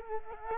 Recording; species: mosquito wingbeat signal from an infrared sensor; Culex quinquefasciatus